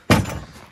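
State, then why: Released. On a new ATV utility cart, the dump handle is let go and the bed latch releases. The tub tips with a sharp, heavy thunk at 0.1 s, followed by a rattling decay that fades by about 0.7 s. The cart bed has released and dumped.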